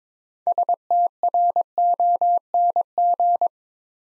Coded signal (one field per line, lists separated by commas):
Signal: Morse code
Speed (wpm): 23 wpm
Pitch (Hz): 700 Hz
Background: none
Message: STRONG